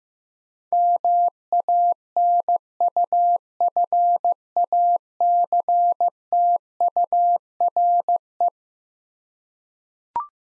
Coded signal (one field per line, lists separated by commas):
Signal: Morse code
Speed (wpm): 16 wpm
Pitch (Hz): 700 Hz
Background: none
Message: MANUFACTURE